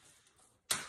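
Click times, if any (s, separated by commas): 0.7 s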